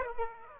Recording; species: mosquito wingbeat signal from an infrared sensor; Aedes aegypti